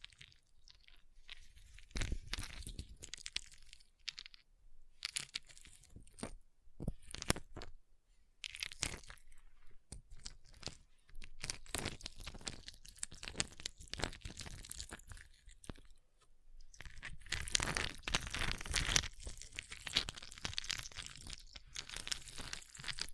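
Ice being tapped, scratched and carved, heard as a dense run of sharp crunching clicks and scrapes that start and stop irregularly. Brief silences break up the first half, and from about 17 to 20 seconds a longer, brighter stretch of continuous scraping takes over.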